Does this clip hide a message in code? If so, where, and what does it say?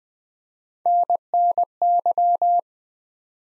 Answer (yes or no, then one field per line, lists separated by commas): yes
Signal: Morse code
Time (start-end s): 0.9-2.6 s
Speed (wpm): 20 wpm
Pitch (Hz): 700 Hz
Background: none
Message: NNY